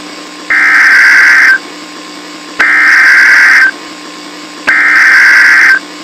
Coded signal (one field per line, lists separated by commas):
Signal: Emergency Alert System (SAME) tones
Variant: header bursts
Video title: EAS Scenario: Everybody's Fear Part 3 (The Finale)